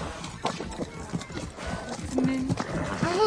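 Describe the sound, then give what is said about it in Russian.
Riders pass by on horses at a walk, hooves clopping in an uneven, overlapping patter, with a brief tonal call near the end as a boy calls out to one of the riders. “Мимо едут всадники.”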